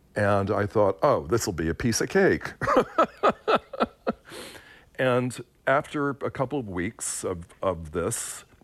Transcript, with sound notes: And I thought, oh, this will be a piece of cake (laughter). And after a couple of weeks of this